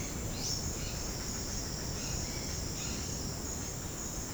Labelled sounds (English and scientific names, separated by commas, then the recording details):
Red-bellied Macaw (Orthopsittaca manilatus)
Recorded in secondary vegetation near Puerto Asís, Putumayo, Colombia, on 20 February 2024 at 08:00
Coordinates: 0.472, -76.331
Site G6371